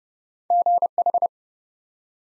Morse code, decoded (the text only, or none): GH